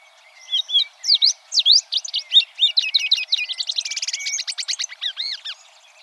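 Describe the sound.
Tropeiro seedeater song, a fast run of varied sweeping chirps and V-shaped notes that turns into a rapid buzzy trill and ends in short falling arcs.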